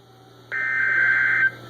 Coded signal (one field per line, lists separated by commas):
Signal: Emergency Alert System (SAME) tones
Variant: header bursts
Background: speech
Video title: DOUBLE HEADER Special Marine Warning + Tornado Warning (EAS #390+391)